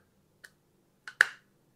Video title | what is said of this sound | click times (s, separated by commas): Agaro Mini Desk Vacuum Cleaner - Small Yet Powerfull - Isse Chota Vaccum Cleaner Nahi Dekha Hoga | ये lock हो जाएगा and it is ready to use again | 1.2 s